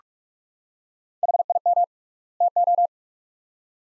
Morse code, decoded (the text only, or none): HIM TO